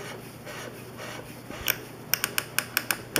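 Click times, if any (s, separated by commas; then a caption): 1.7 s, 2.1 s, 2.2 s, 2.4 s, 2.8 s, 2.9 s. A steel machine gun barrel is screwed by hand through the receiver trunnion, and the barrel locking spring gives sharp ratchet clicks at 1.7, 2.1, 2.2, 2.4, 2.8 and 2.9 seconds over a low rubbing background. The clicks have not stopped, so the barrel is not yet locked up or completely installed.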